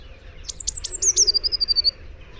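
Eurasian blue tit giving a quick run of very high thin notes that slide into a fast, slightly descending trill lasting under a second.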